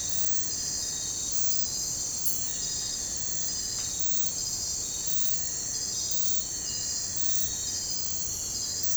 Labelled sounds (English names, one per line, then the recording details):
none
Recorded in pastures near Puerto Asís, Putumayo, Colombia, on 22 December 2024 at 03:00
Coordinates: 0.466, -76.322
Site G040